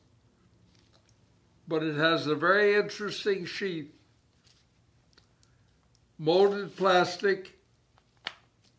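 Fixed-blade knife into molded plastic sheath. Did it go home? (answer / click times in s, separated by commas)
yes / 8.3 s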